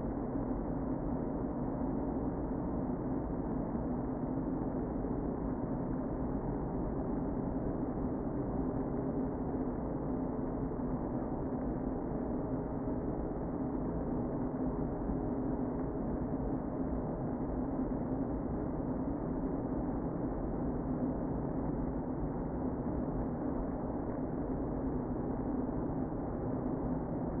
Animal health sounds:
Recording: honeybee colony, microphone inside the hive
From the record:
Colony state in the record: queen present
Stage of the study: before two queens were removed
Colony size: about 60,000 bees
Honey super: yes

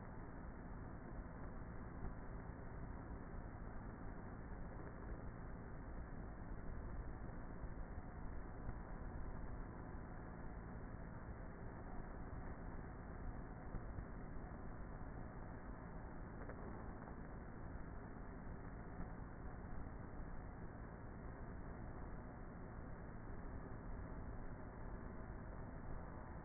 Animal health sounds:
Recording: honeybee colony, microphone inside the hive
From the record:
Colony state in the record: queenless with a low population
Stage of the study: before two queens were removed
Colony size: about 30,000 bees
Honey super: no

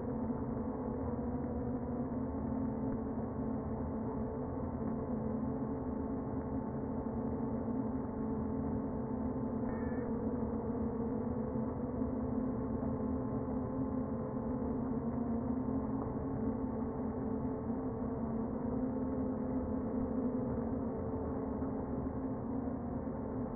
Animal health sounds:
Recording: honeybee colony, microphone inside the hive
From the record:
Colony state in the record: queen present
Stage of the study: before two queens were removed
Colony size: about 60,000 bees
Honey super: yes

